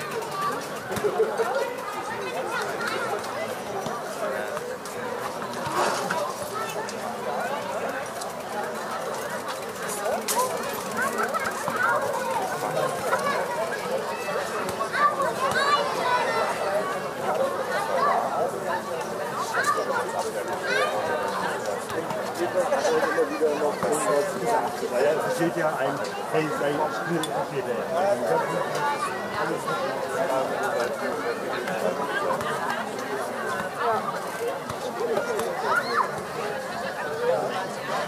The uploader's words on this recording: Summer Evening Joy and Child Play. Step into a blissful summer evening in Berlin with this immersive audio journey. Begin at the joyful hum of a children's playground.